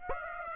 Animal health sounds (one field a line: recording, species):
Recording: mosquito wingbeat signal from an infrared sensor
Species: Aedes aegypti